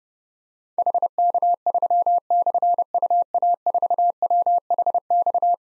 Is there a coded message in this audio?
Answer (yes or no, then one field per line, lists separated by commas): yes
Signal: Morse code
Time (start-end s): 0.8-5.5 s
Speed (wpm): 32 wpm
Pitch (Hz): 700 Hz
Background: none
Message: HK3/UA4WHX